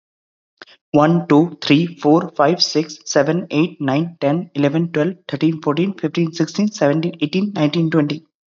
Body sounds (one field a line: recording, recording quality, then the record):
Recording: counting at a fast pace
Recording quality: excellent, no background noise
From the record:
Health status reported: healthy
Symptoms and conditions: hypertension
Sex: male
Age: 29 years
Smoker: not ticked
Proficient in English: yes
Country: India